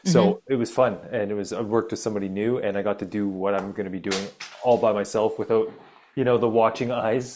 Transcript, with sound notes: So, it was fun, and it was, I worked with somebody new and I got to do what I'm going to be doing (slaps hands) all by myself without, you know, the watching eyes.